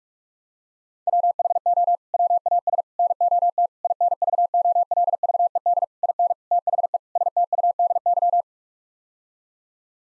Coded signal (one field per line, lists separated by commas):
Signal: Morse code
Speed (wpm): 46 wpm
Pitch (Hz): 700 Hz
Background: none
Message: WHO WAS NOT INVOLVED IN THE STUDY